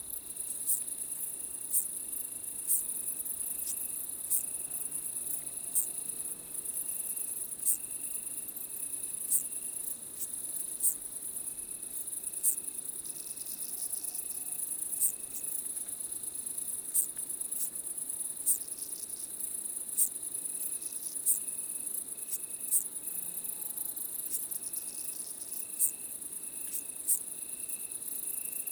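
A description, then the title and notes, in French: A chorus of orthopterans keeps up a dense, unbroken high shrill for the whole clip, with a softer, pulsing lower trill running beneath it. Sharp ticks stand out about every second or two. Otherwise the background is quiet. Chorus d'orthoptères. Col de Carabes - Drôme - 18h30 - Nagra seven - binaural mkh8020. Pour la première fois j'utilise un système dit binaural qui reproduit quand on écoute au casque audio un véritable espace en 3D. Aujourd'hui rendez-vous avec plusieurs espèces de sauterelles, grillons et criquets en bord de route.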